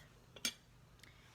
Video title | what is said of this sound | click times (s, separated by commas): 5 Minute Face | and it just pops right in like that so | 0.5 s